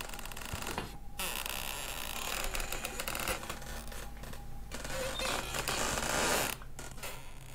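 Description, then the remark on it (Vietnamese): A room door creaks slowly open at 3 a.m. on a summer night in one long, grating, drawn-out groan that wavers and scrapes for several seconds, with a steady low hum underneath and no voices. “Cánh cửa ở bên kia đang từ từ động đậy. Sau đó nó mở ra, rít lên những tiếng ghê rợn.”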